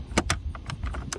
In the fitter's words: So you're gonna hear a little snap, just like that.